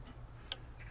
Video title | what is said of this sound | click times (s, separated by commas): #scrap #trash #lawnmower Trashed Picked Lawnmower Will It Run | there it goes just heard that | 0.5 s